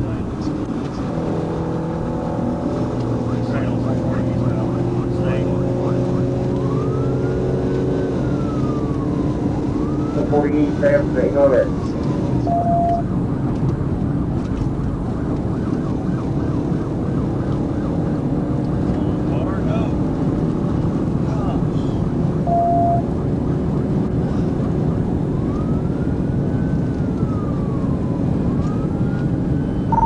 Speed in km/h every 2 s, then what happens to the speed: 169, 174, 182, 190, 198, 203, 203, 190, 195, 200, 203, 206, 209, 211, 211.
0-10 speeds up to 203. 10-14 slows to 190. 14-28 speeds up to 211.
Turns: none.